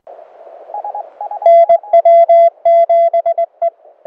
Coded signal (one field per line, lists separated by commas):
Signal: Morse code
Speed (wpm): 20 wpm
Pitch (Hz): 680 Hz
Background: none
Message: NW7E